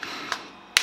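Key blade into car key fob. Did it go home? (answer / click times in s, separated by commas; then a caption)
yes / 0.8 s. After the battery is changed in a Ford Fiesta key fob, the metal key blade is slid back into the plastic fob housing and pushed until it latches. Two faint ticks come first, at 0.0 s and 0.3 s, then one sharp, bright click at 0.8 s as the blade seats properly.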